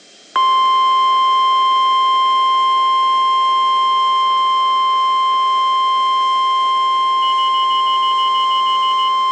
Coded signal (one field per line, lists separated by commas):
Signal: Emergency Alert System (SAME) tones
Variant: 1050 Hz attention tone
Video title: Severe Thunderstorm Watch (EAS #376+377)